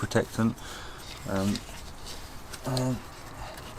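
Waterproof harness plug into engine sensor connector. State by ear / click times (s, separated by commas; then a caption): not seated / none. An orange waterproof plug on a tuning module harness is handled at an engine sensor connector on a Hyundai Kona N during a GTS Race Chip install, but nothing has seated or clicked yet. Someone talks throughout, with only faint handling noise between the words.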